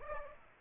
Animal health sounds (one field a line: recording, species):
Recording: mosquito wingbeat signal from an infrared sensor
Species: Aedes aegypti